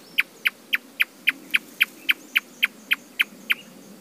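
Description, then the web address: Marsh tapaculo giving clipped, evenly spaced notes, roughly four each second, over a quiet background. "sound Marsh-tapaculo. صدای-پرنده-تپلک-ماندابی"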